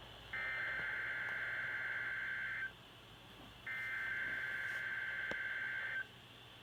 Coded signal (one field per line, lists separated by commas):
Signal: Emergency Alert System (SAME) tones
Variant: header bursts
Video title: Required Weekly Test EAS# 50 first alert on the Radioshack 12-259!